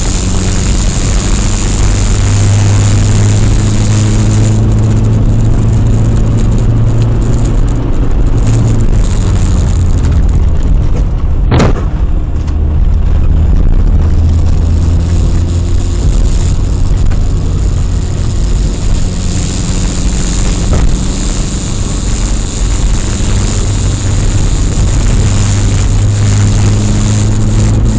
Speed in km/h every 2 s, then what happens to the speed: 83, 88, 93, 96, 83, 61, 66, 73, 75, 77, 80, 82, 84, 90.
0-7 speeds up to 96. 7-11 brakes to 61. 11-28 speeds up to 90.